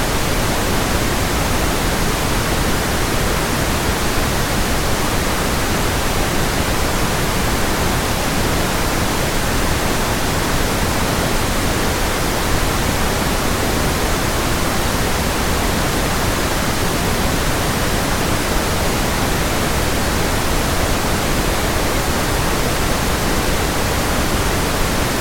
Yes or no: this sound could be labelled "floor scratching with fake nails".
no